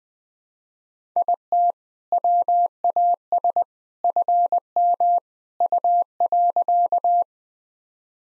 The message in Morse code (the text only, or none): IT WAS FM U.